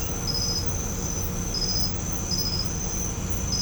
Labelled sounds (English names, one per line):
none